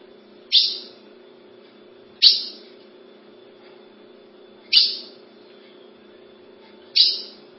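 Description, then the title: Ultramarine grosbeak giving four bright, abrupt call notes at uneven gaps of about two seconds, over a steady low hum. "Azulao"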